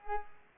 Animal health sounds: mosquito wingbeat signal from an infrared sensor; Culex pipiens

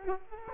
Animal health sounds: mosquito wingbeat signal from an infrared sensor; Culex quinquefasciatus

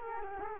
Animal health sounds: mosquito wingbeat signal from an infrared sensor; Culex quinquefasciatus

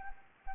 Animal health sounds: mosquito wingbeat signal from an infrared sensor; Anopheles gambiae

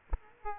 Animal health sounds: mosquito wingbeat signal from an infrared sensor; Aedes aegypti

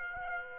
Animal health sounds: mosquito wingbeat signal from an infrared sensor; Aedes aegypti

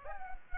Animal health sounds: mosquito wingbeat signal from an infrared sensor; Culex pipiens

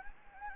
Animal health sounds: mosquito wingbeat signal from an infrared sensor; Anopheles gambiae

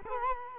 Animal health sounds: mosquito wingbeat signal from an infrared sensor; Culex quinquefasciatus

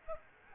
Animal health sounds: mosquito wingbeat signal from an infrared sensor; Aedes aegypti

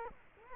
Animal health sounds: mosquito wingbeat signal from an infrared sensor; Culex quinquefasciatus

